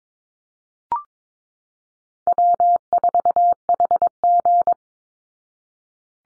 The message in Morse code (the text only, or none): W4HG